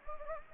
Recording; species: mosquito wingbeat signal from an infrared sensor; Anopheles gambiae